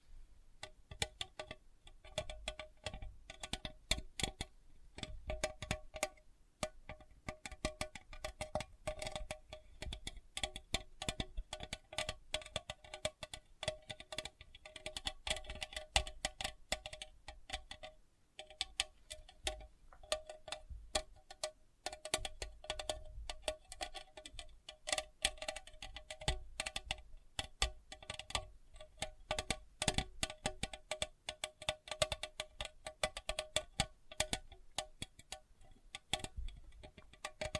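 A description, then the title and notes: Sensitive tapping fills the whole recording as a dense run of quick, light taps, nearly continuous with small pauses, including a short gap around eighteen seconds. The taps sound close and crisp, with a faint ringing tone beneath them, like small metal or glass being struck. Sensitive Tapping.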